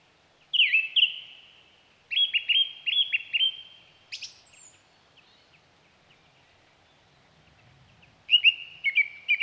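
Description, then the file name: Song thrush singing loud, clear phrases of repeated whistled notes, each phrase a short burst followed by a pause, with a sharp high note and another repeated phrase near the end. "Zanglijster"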